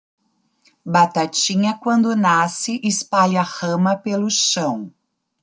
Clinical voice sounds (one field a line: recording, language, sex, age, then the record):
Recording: short text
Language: Brazilian Portuguese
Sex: female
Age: 50 to 59 years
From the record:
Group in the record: control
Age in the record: 53 years